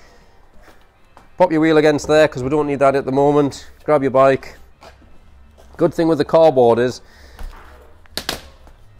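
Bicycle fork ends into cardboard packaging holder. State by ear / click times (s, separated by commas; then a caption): seated / 8.2 s. Someone talks while a bicycle's fork ends are pushed into a cardboard packaging holder so the bike stands up on its own. At 8.2 s a sharp click is heard as the forks pop into the cardboard and seat.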